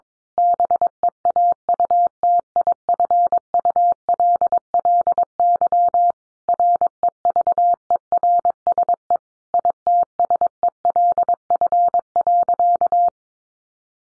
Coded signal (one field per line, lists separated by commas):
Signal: Morse code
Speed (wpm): 22 wpm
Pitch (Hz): 700 Hz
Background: none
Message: BEAUTIFULLY REVERSE ITSELF.